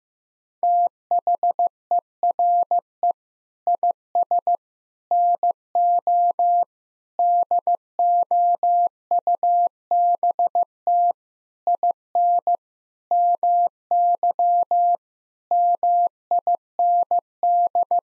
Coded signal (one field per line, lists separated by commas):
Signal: Morse code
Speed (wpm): 15 wpm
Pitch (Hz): 700 Hz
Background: none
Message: THERE IS NO DOUBT IN MY MIND